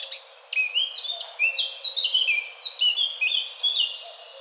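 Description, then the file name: Eurasian blackcap song, a fast run of high, varied warbling notes, many sliding downward, continuing steadily for about four seconds after a brief opening chirp. "Sylvia atricapilla"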